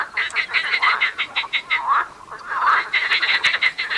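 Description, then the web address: Marsh frogs croaking in a busy chorus, rapid pulsed rattles overlapping with several callers, short gap near two seconds before calling resumes. Frogs calling at the Tävsmoor. "seefrosch. rufen jetzt die froesche im taevsmoor"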